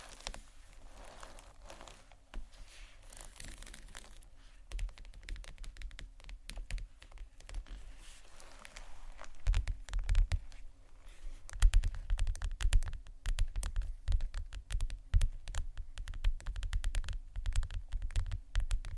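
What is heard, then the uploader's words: Tapping and scratching on textured bags, starting sparse and quiet with scattered soft crinkles. Around nine seconds the activity turns denser and louder, with rapid, irregular taps and scratchy rustles carrying a dull low thump beneath them through the end. ASMR TEXTURED BAGS TAP & SCRATCH (No Talking).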